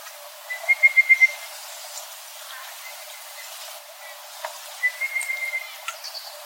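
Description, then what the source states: Red-browed Pardalote call, a quick run of five clear whistled notes, then another run of notes about four seconds later. Two birds calling in trees along a creek bank at Yarraden, northwest of Cooktown, Queensland, Lama Lama country; recorded by Eddy Smith.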